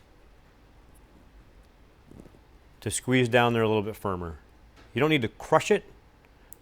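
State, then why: Seated. Someone talks while pliers squeeze a plastic wire tap splice connector firmly closed onto a vehicle wire during a Kicker powered subwoofer install in a 2020+ JT Jeep Gladiator, pressing it so the blade pierces the wire. Two sharp snaps are heard at 6.3 s and 6.5 s as the connector presses down and seats.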